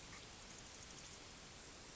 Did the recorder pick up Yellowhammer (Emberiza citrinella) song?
no